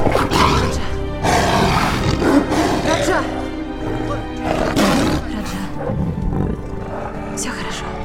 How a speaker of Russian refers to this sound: Тигр Раджа рычит на стражников.